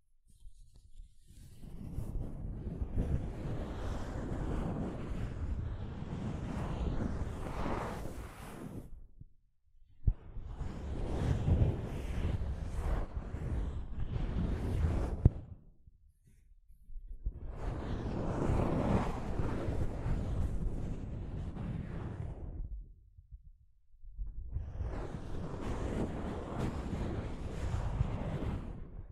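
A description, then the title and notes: Soft fabric brushes against a microphone in four long, rushing strokes, each lasting about five to seven seconds with short silent gaps between. The sound is a dense, rumbling swish, heaviest in the low end, with a couple of sharp bumps near ten and fifteen seconds. ASMR Mic Brushing using Soft Fabric (No Talking).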